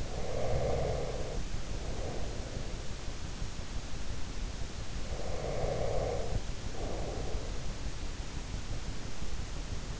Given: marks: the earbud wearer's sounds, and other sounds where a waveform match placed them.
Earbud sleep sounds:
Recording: sounds in sleep by an in-ear microphone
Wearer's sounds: breath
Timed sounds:
0.00-2.86 s: breath
4.85-7.87 s: breath

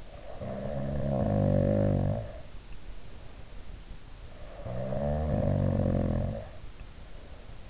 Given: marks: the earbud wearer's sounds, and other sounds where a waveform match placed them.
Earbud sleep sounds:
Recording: sounds in sleep by an in-ear microphone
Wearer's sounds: snoring breath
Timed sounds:
0.00-2.57 s: snoring breath
4.23-6.69 s: snoring breath

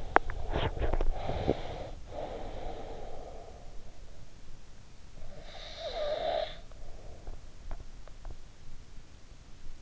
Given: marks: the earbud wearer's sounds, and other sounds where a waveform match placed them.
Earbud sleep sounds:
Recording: sounds in sleep by an in-ear microphone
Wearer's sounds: teeth grinding, breath, snoring breath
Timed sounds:
0.00-1.72 s: teeth grinding
1.09-4.17 s: breath
5.15-7.58 s: snoring breath

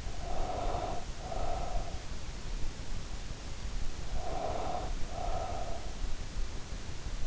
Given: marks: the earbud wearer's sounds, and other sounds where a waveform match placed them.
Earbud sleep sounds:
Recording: sounds in sleep by an in-ear microphone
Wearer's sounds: breath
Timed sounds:
0.00-2.18 s: breath
3.88-6.10 s: breath

